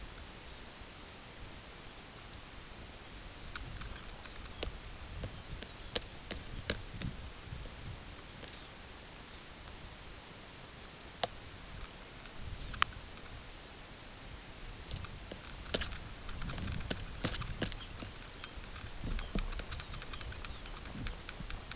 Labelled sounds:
unidentified sound, Red Phalarope (Phalaropus fulicarius)
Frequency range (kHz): Red Phalarope (Phalaropus fulicarius) 2.8-5.6 kHz
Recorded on Arctic tundra, site UTQI-8, on 10 June 2019
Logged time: 14:00

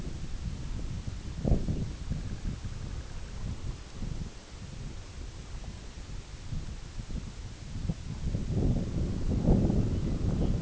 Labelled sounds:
Sanderling (Calidris alba), unidentified sound
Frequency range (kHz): Sanderling (Calidris alba) 0.8-2.4 kHz
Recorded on Arctic tundra, site IGLO-B, on 21 June 2018
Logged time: 15:59

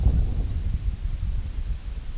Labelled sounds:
none
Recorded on Arctic tundra, site IGLO-D, on 25 June 2018
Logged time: 02:00

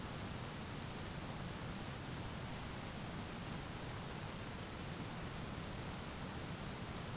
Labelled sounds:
none
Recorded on Arctic tundra, site ZACK-1, on 12 June 2019
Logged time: 05:49

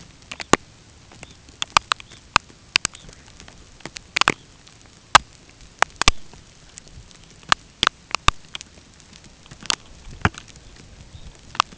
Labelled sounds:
Red Phalarope (Phalaropus fulicarius)
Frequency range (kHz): Red Phalarope (Phalaropus fulicarius) 2.6-4.5 kHz
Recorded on Arctic tundra, site UTQI-5, on 13 June 2019
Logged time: 06:00

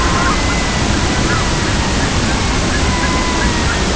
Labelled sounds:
Red-throated Loon (Gavia stellata), unidentified sound
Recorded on Arctic tundra, site CORI-1, on 16 June 2018
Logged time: 06:00

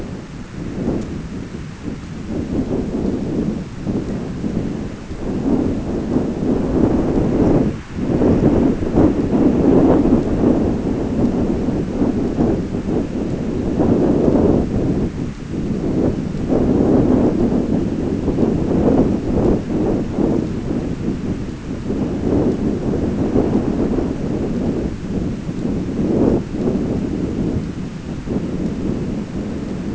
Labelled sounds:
none
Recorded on Arctic tundra, site ZACK-1, on 16 June 2019
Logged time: 07:49

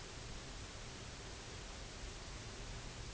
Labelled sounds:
none
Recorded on Arctic tundra, site UTQI-0, on 16 June 2019
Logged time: 12:00

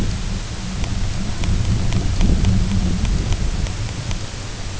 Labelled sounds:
none
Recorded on Arctic tundra, site UTQI-0, on 20 June 2018
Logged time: 14:00

